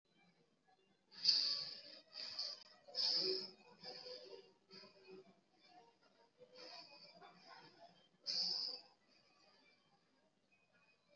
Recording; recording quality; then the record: shallow breathing; moderate, slight background noise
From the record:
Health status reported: healthy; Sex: female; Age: 27 years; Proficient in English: yes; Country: India